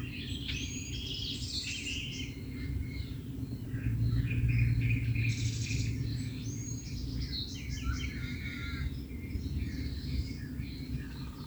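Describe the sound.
Several songbirds singing varied twittering and whistled phrases that overlap throughout, above a continuous low hum and rumble.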